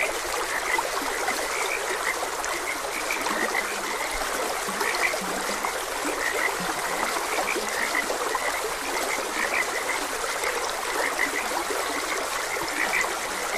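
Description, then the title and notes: Frog chorus of quick repeated croaks overlapping throughout, with occasional lower croaks and a steady trickling stream underneath. Frogs croaking beside a gentle stream. "Frogs Croaking. Sleep and Relaxation Podcast"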